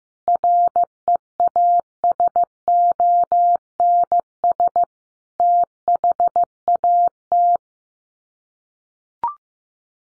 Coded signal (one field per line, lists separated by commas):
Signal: Morse code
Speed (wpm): 15 wpm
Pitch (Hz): 700 Hz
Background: none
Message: REASONS THAT